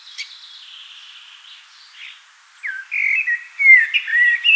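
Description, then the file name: Common blackbird song: a soft high thin note first, then a mellow fluted phrase of warbled whistles. "Turdus merula"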